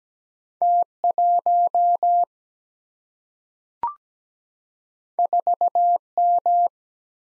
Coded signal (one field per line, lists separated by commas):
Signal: Morse code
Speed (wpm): 17 wpm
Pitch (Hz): 700 Hz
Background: none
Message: T 1 4 M